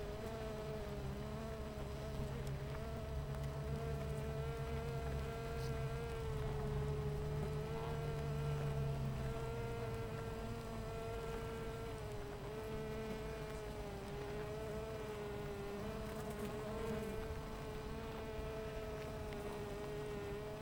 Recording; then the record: honeybee colony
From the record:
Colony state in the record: missing queen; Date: 14 July 2017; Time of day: 10:34